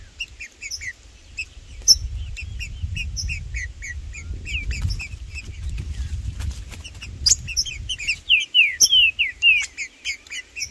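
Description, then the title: Green-winged saltator: a long stream of rapid short chips over a low rumble, ending with a few loud slurred whistled notes. In the bush; trinca-ferro calling, singing and displaying (macheando) in a dispute with a free-living wild bird; birds named Blindado and Tufão. "Trinca Ferro no MATO Cantando e Macheando muito com Solto! Blindado e Tufão no mato"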